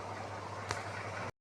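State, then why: Seated. A hand presses the plunger into the body of a metal bike disc brake lock to engage it, producing a single sharp click at 0.7 s over a steady low hum. The lock engages and is locked.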